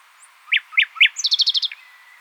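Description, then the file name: Common nightingale song: three sharp notes followed by a rapid series of repeated high notes and a faint trailing whistle. "Luscinia megarhynchos"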